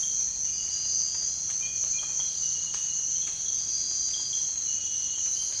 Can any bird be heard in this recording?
no